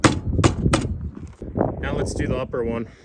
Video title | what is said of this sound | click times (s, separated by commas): Fixing Everything Wrong With my Cheap Tow Truck Part: 1 | snaps right into place with these plastic tabs now | 0.1 s, 0.7 s